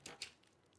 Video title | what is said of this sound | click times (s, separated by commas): PC Giveaway + Building a $1800 Gaming PC in the Thermaltake View 600 (245K/ B580) | The middle piece has got the little click click for the lock. | 0.1 s, 0.2 s